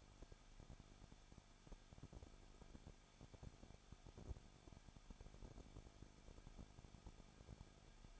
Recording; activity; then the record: daily activity, microphone in the room; no activity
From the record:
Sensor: 5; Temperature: 20.9 degrees Celsius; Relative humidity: 35.1%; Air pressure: 994.6 hPa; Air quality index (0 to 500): 153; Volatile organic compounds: 2 ppm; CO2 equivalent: 1280 ppm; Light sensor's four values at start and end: 2/3/1/1 and 2/3/1/1